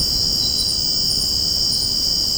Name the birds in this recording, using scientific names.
none